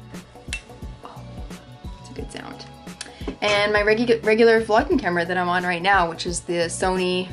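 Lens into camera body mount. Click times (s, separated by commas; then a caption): 0.5 s. A lens is fitted back onto a camera body while lenses are being switched. It locks into the mount with a sharp, satisfying click at 0.5 s, followed by a few fainter knocks. Someone talks over background music for the rest of the clip.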